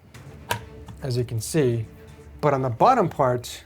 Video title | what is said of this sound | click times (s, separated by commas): Building the Most Overkill ROG Gaming PC in Existence | So, the top part latches | 0.5 s